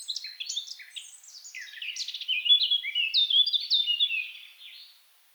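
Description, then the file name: Eurasian blackcap song opening with chattering notes and swelling into louder, fluty whistled phrases before fading out. "Sylvia atricapilla"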